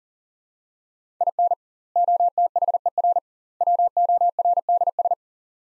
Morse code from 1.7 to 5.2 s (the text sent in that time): OTHER WORDS